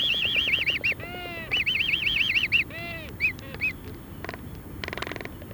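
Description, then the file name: Black-footed albatross: wavering, trilled whistles alternate with low, groaning moans, then scattered harsh notes. "Black footed Albatross Phoebastria nigripes"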